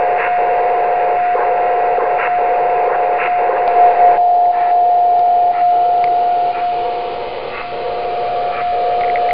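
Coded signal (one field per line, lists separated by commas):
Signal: radio time signal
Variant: DCF77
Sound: steady mid-pitched tone in hiss, with the hiss pulsing about once a second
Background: radio static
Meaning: Encodes the current time and date, one bit per second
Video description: ] Dort dekodiert das Programm SoDiRa schließlich das Signal zur Darstellung der Uhrzeit und des Datums.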